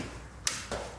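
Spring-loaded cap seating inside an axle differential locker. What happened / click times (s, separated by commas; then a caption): The spring-loaded cap snapped into its seat / 0.5 s. On the second side of an axle differential locker, a tool is popped out and the spring-loaded cap snaps into its seat with a sharp, bright click at 0.5 s. A softer, longer broadband sound follows at about 0.7 s over a low steady hum, and the cap is confirmed seated.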